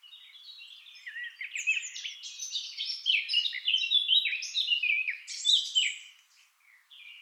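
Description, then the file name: Eurasian blackcap song: soft notes lead into an energetic, rambling warble of swooping high phrases, then a brief quiet spell and a few soft notes at the end. "Sylvia atricapilla"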